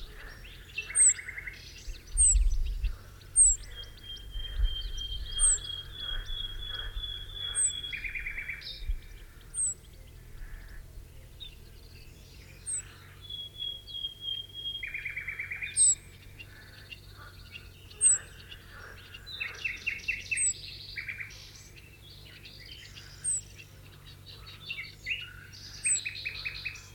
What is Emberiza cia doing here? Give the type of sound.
call